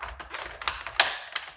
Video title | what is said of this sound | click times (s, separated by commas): How to deep clean your Dyson! | once it line up, you push it down. As long as you hear a clicking sound, you tug | 1.0 s